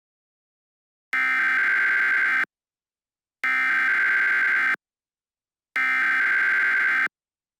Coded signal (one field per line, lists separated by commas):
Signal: Emergency Alert System (SAME) tones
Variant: header bursts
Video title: All EAS SYSTEMS Remade